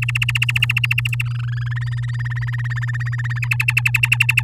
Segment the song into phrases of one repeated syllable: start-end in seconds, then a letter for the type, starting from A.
0.02-1.23 A, 1.25-1.69 B, 1.71-3.39 C, 3.42-4.42 D